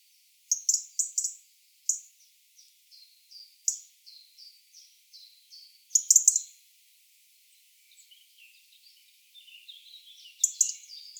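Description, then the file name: European robin opening with sharp high notes, then a series of thin whistled notes and a loud burst, a pause, softer warbling, and another loud burst. "Erithacus rubecula"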